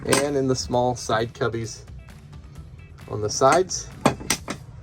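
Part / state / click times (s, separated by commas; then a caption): side cubby cabinet door latch in a camper trailer / seated / 4.1 s, 4.3 s. Someone talks while a small aluminum side cubby door in a camper trailer is shut, giving sharp metallic knocks at 4.1 s and 4.3 s as it latches. The latch locks the door shut so it can't fly open while driving.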